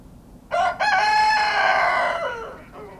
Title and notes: 28g, Kawcze, gmina Śrem, powiat śremski, województwo wielkopolskie, 63-100, Polska - rooster in the pen. The intense crowing of a rooster in a small farmhouse